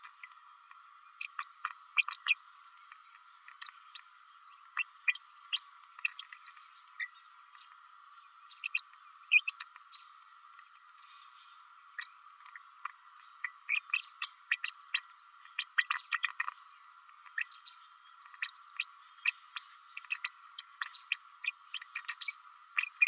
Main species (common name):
Green-rumped Parrotlet